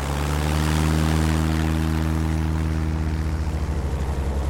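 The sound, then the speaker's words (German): A small propeller plane's engine drones steadily as it flies past herds of animals near a crater wall while the crew counts them, a loud, continuous low hum with strong harmonic bands and a faint pulsing throb, with no voices. “Nicht ganz einfach, wenn man nebenbei ein Flugzeug steuern und darauf achten muss, nicht gegen die Kraterwand zu fliegen”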